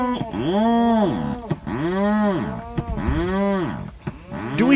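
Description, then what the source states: Rhinoceros auklet calls with deep, moaning groans, each about a second long, rising and falling, repeated several times. Seabird calling from deep in its nest burrow; sounds like a miniature cow with a chainsaw.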